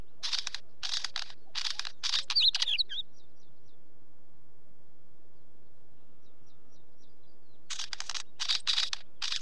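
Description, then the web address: Northern Wheatear song: dense scratchy, rattling phrases at the start and again at the end, with a few faint ticking notes in the quiet gap. "BBC Sound Effects Library. Wheatear"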